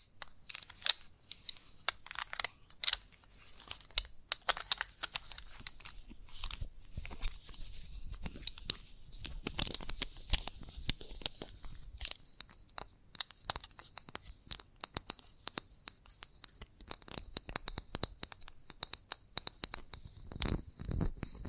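Chalk tapping, scratching and carving in a dense, irregular run of dry crunches and bright scrapes, with sharper taps scattered throughout.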